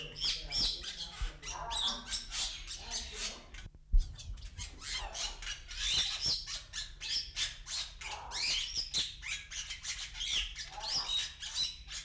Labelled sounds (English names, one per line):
Bali Myna